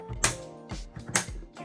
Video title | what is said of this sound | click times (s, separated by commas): Handover of a Discovery 15HX from Goldfields Campers and caravans | and that is definitely locked | 0.2 s, 1.2 s